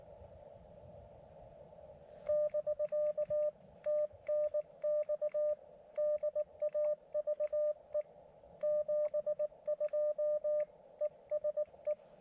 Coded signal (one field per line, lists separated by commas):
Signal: Morse code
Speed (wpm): 19 wpm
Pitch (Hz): 600 Hz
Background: radio noise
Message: <BK> TNX DAVE 72 ESE